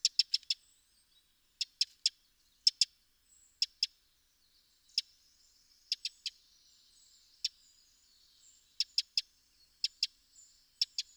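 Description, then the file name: Eurasian wren repeating abrupt, dry tick notes, singly or in short bursts of two to four with uneven gaps, faint thin chirps in the background. "Troglodytes troglodytes"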